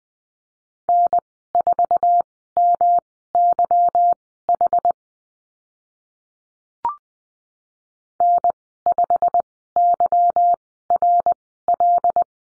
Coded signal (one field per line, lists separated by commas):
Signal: Morse code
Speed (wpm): 20 wpm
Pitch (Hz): 700 Hz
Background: none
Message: N4MYH N5YRL